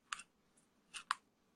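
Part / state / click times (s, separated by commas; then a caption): twist cap on a product bottle / seated / 0.1 s, 1.1 s. The small dispensing cap on a hair product bottle is twisted shut, giving sharp clicks at 0.1 s and 1.1 s, with the second click louder. The cap clicks shut and is confirmed closed, so product won't leak out of the tiny hole and end up all over the bathroom.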